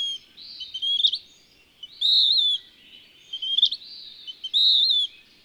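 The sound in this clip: Bird song: high, slurred warbling phrases alternating with steady, wavering whistled notes, several phrases in a few seconds, with faint background hiss.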